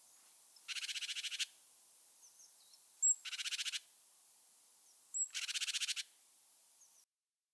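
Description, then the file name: Great tit giving harsh buzzy churring rattles, three bursts of rapid ticking notes, with a few high thin notes between them. "Parus major"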